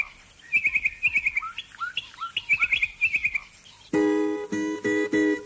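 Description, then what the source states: Bokmakierie calls: rapid trilled whistle phrases repeated in bursts with lower slurred notes between, then loud organ-like musical chords enter for the final seconds. Shrike of South Africa and Namibia named from its call, a range of loud whistles and calls, sometimes a duet with another bird; played from a radio station's sign-on routine.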